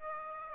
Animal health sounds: mosquito wingbeat signal from an infrared sensor; Aedes aegypti

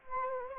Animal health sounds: mosquito wingbeat signal from an infrared sensor; Anopheles gambiae

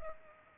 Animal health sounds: mosquito wingbeat signal from an infrared sensor; Culex pipiens

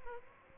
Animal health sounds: mosquito wingbeat signal from an infrared sensor; Aedes aegypti

